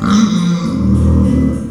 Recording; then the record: squeal of a Yucatan mini pig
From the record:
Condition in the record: after surgery on the right vocal fold (resection and tissue-engineered implant); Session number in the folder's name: 13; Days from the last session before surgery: 113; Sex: female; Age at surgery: 19 weeks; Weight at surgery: 25 kg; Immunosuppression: prednisolone